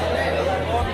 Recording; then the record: background sound without coughing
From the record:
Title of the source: CITY SOUNDS Busy Bar in the Evening Night - 2 HOURS of Ambiance for Relaxation